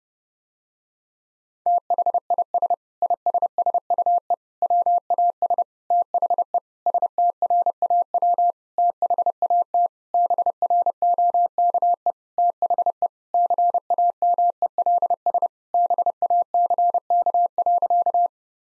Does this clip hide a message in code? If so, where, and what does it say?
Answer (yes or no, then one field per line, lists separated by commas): yes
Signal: Morse code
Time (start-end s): 1.7-18.3 s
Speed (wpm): 30 wpm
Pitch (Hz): 700 Hz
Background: none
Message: THIS ISSUE WAS THE STRAW THAT BROKE THE CAMELS BACK.